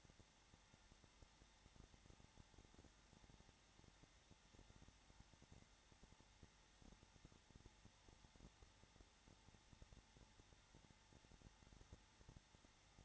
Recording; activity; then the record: daily activity, microphone in the room; no activity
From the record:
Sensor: 3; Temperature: 21.3 degrees Celsius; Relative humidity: 33.3%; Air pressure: 994.5 hPa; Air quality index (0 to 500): 168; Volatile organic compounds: 3 ppm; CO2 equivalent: 1461 ppm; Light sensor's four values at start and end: 2/3/2/2 and 2/3/2/2